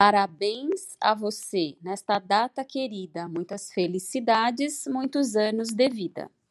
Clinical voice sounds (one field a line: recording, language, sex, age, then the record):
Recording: short text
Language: Brazilian Portuguese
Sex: female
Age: 40 to 49 years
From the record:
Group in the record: control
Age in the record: 43 years